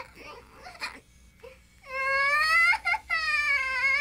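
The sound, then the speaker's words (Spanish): A baby cries in a sustained, high-pitched wail with strong harmonics, briefly breaking once before resuming loudly, after a quieter stretch of soft fussing and murmurs. “Aunque ellos no puedan hablar, los bebés sienten muchas cosas. Igual que los adultos, pero es difícil adivinar por qué lloran y ese es un problema.”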